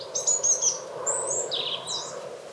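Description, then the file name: European robin song: a brief run of high, thin, sliding whistles and trills over a soft background hiss. "Erithacus rubecula"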